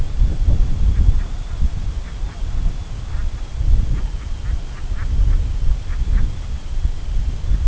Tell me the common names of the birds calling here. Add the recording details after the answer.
Brent Goose. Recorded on Arctic tundra, site CORI-1, on 21 June 2018. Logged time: 00:00